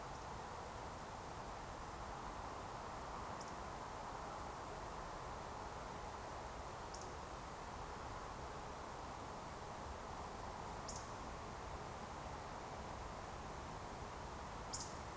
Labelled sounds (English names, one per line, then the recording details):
Eurasian Woodcock whistle
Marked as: whistle, whistle, whistle, whistle, whistle
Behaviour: display flight
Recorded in Baden-Württemberg, Germany, on 14 June 2020 at 20:15 UTC
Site 43791, 788 m above sea level